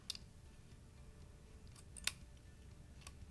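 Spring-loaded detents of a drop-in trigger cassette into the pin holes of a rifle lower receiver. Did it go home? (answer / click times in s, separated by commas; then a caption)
partly / 2.1 s. A Rise Rev 535 Slide and Snap drop-in trigger cassette is lined up with the pin holes of a rifle lower receiver and set in, with faint ticks and handling noise around it. At 2.1 s there is a sharp click as the cassette's spring-loaded top detents pop into the holes. The cassette is only partly seated because the bottom detents are not in yet.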